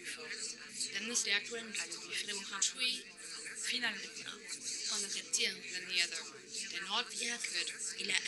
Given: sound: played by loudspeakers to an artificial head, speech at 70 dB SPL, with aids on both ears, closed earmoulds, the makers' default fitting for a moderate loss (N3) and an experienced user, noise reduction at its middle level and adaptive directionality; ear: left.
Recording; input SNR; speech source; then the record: speech test signal (ISTS) in cocktail-party noise; -3 dB; in front (0 degrees)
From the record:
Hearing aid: class 1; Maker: H